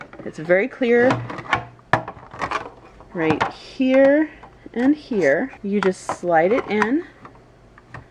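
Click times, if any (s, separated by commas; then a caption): none. A julienne blade insert is slid into the plastic body of a Swissmar V-Prep mandoline slicer while someone talks, with light handling knocks and a sharp hit around 1.9 s. The insert has not yet clicked into place or seated by the end of the clip.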